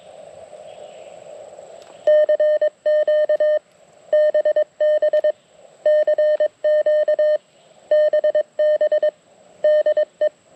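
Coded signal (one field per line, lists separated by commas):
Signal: Morse code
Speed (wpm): 22 wpm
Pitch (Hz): 610 Hz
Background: none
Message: CQ BB CQ BB DE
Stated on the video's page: CW heard during the Flight of the Bumblebees event, the operator's first non-POTA CW event.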